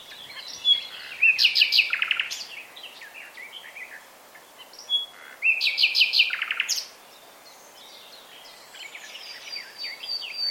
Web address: SETE data Luscinia megarhynchos